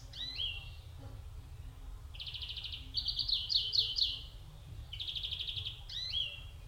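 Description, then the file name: European greenfinch giving quick slurred twittering notes, then rapid trills and more twitters. "Chloris chloris"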